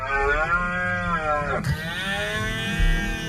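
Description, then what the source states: Red deer roaring: a drawn-out, rich harmonic bellow that bends in pitch, broken off partway and followed by a second, steadier groaning roar with low rumbling underneath. Rutting stags during the mating season (berrea).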